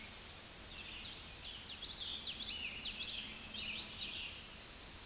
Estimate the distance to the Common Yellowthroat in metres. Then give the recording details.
about 20 m. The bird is about 5 m above the microphone. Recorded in a Pennsylvania forest on 16 May 2024 at 09:36. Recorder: AudioMoth, point MSD-2039. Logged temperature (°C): 15.0 °C. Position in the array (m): 90 m, 93 m